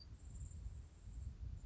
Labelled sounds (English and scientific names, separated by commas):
Grasshopper Sparrow (Ammodramus savannarum)